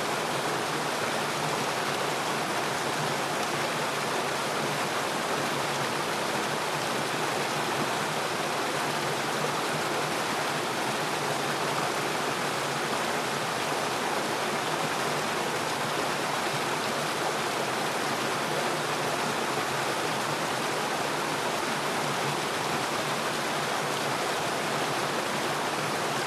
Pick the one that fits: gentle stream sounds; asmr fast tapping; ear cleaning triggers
gentle stream sounds